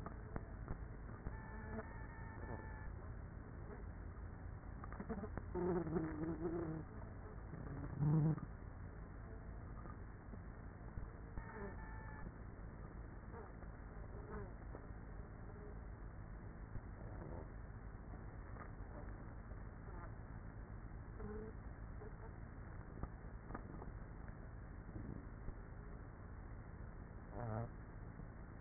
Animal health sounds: honeybee colony, microphone inside the hive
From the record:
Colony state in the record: queenless with a low population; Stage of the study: after two queens were removed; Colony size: about 30,000 bees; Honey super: no

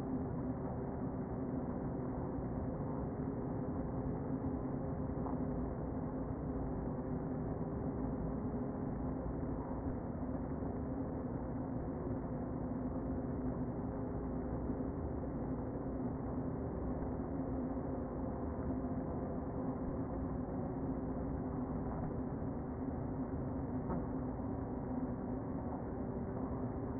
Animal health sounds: honeybee colony, microphone inside the hive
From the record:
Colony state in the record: queen present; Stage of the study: before two queens were removed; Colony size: about 60,000 bees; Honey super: yes

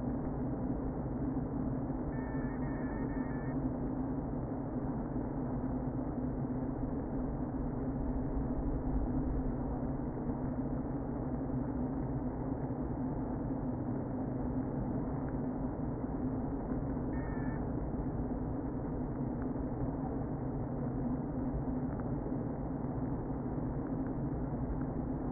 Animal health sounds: honeybee colony, microphone inside the hive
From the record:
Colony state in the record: queen present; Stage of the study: before two queens were removed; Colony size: about 60,000 bees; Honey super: yes

